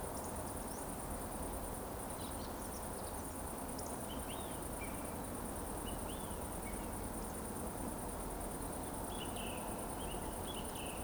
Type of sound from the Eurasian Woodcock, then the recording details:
whistle. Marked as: whistle, whistle, whistle, whistle. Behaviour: display flight. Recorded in Baden-Württemberg, Germany, on 25 June 2020 at 20:14 UTC. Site 14569, 102 m above sea level